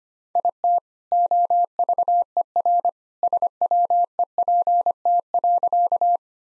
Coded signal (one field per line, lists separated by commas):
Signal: Morse code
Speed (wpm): 25 wpm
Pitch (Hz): 700 Hz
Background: none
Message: IT OVER SWEPT.